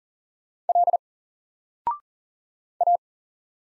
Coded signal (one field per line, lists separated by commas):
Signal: Morse code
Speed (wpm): 40 wpm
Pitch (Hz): 700 Hz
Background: none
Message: L A